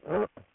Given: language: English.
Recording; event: throat vibration sensor signal played as sound; throat clearing